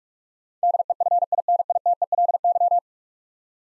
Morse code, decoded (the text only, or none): DEFINITELY